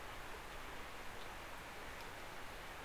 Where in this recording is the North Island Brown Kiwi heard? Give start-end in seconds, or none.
none